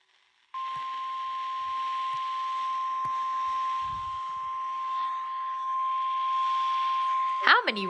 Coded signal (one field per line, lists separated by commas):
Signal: Emergency Alert System (SAME) tones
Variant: 1050 Hz attention tone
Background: speech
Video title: AND THERE GOES THE WIFI.. EAS Alerts from 4/5/22 - (EAS #407-#422)